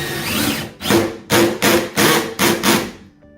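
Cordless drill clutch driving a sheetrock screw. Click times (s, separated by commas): 1.6 s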